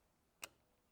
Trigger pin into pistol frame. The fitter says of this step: And I heard it click. I hope you did too because now the